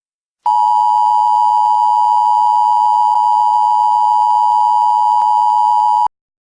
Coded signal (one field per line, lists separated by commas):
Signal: Emergency Alert System (SAME) tones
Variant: 853 and 960 Hz attention tone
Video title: EAS Scenario - When Mother Nature Attacks